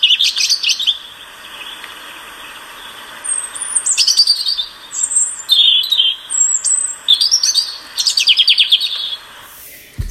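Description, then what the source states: European Robin song, a varied string of high whistled warbles and quick chirrups, phrases rarely repeated, with brief gaps between bursts. Very varied song with lots of chirruping, rarely repeating; known by its plaintive, sad tone.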